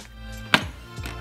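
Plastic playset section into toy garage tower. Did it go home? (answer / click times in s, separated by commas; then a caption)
yes / 0.5 s. A plastic level section of a motorized Hot Wheels Super Ultimate Garage playset is pushed onto the toy garage tower, and a sharp click at 0.5 s shows it snapping into place. A quieter, softer tap follows at about 1.1 s over a steady low background tone. The section is seated.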